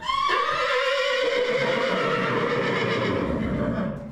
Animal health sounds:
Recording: contact call of a hoofed animal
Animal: horse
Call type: whinny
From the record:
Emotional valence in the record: negative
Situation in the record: separation from one group member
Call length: 4.2 s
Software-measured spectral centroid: 1890 Hz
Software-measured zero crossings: 2150 a second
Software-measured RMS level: -24 dBFS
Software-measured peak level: -10 dBFS

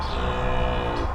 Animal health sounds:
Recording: contact call of a hoofed animal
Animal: cattle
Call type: low-frequency (closed-mouth) or high-frequency (open-mouth) call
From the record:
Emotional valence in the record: negative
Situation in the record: full separation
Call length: 1.15 s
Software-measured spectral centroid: 1490 Hz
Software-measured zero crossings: 1420 a second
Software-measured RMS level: -24 dBFS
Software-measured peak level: -12 dBFS

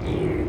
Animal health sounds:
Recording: contact call of a hoofed animal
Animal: pig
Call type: closed-mouth grunt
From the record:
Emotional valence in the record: negative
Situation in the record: short social isolation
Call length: 0.49 s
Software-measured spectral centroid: 1240 Hz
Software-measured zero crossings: 780 a second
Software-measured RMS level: -24 dBFS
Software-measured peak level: -13 dBFS

